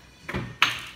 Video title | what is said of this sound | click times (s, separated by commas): Radak Smashmaster Pro Assembly | legs make sure you pull the leg here and you bring it down to the ground locks in place in this position | 0.6 s